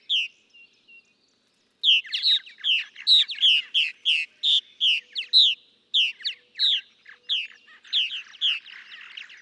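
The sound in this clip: Purple martin gives a few soft notes, falls quiet briefly, then bursts into a quick stream of gurgling, bubbly chirps.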